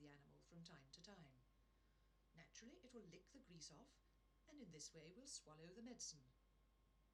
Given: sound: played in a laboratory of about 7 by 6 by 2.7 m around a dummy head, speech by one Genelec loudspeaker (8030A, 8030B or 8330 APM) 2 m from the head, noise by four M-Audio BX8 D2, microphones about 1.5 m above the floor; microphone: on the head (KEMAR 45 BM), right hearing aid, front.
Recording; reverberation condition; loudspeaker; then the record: female speech in English; low; 30 degrees to the right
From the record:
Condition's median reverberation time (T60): about 310 ms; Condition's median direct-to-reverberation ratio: about 3.5 dB